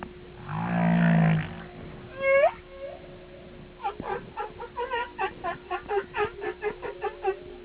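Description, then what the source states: Whale vocalizations: a deep harmonic moan, two falling sweeps, then a rhythmic train of short pulsed notes, with a faint steady hum. Whale sonar.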